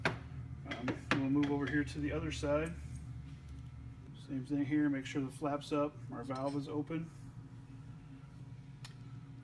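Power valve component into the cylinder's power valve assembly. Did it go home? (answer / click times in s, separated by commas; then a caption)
yes / 8.9 s. While reassembling a KTM motorcycle two-stroke power valve, a metal valve component is set onto its mating part on the other side of the cylinder as someone talks. A single sharp click at 8.9 s marks the component snapping into place, seated in the cylinder's power valve assembly.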